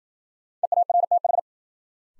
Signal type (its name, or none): Morse code